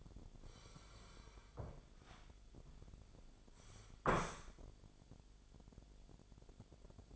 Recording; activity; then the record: daily activity, microphone in the room; sit down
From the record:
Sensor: 5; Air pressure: 1008.0 hPa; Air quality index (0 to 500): 153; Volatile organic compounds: 3 ppm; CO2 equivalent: 1471 ppm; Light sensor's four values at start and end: 57/161/62/62 and 57/160/62/62